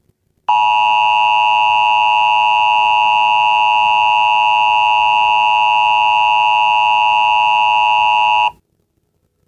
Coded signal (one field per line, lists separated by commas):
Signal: Emergency Alert System (SAME) tones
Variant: 853 and 960 Hz attention tone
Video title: EAS alert, angry fan warning.